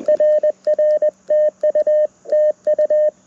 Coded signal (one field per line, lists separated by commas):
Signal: Morse code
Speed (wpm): 20 wpm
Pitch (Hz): 590 Hz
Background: none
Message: RR TU TU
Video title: Morse Code Monday #2 - 07/17/2023 @ K-4451